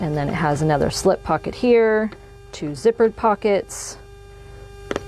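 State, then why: Seated. Someone talks, then the magnetic snap closure on a fabric bag or wallet is closed one-handed and snaps shut. The magnets meet with a short double click at 4.9 and 5.0 seconds.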